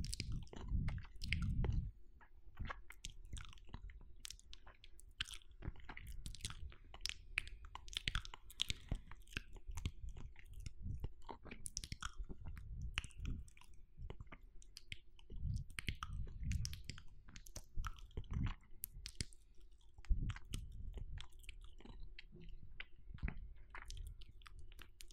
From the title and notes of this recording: Seductive Wet Mouth Sounds Overload Exquisite Intimacy.